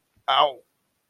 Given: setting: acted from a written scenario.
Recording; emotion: vocal sound without words; pain